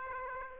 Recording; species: mosquito wingbeat signal from an infrared sensor; Aedes aegypti